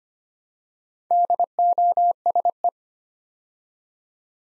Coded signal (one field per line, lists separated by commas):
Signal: Morse code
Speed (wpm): 25 wpm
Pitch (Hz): 700 Hz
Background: none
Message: DOSE